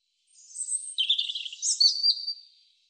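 European robin song, a short phrase of rippling high warbles and thin whistles rising and falling.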